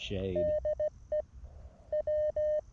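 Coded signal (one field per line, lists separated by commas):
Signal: Morse code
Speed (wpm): 17 wpm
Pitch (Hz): 610 Hz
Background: speech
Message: DE W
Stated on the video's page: QRP CW parks-on-the-air activation, sent with a mini paddle on an MTR-4B transceiver into a random wire antenna with balun and tuner.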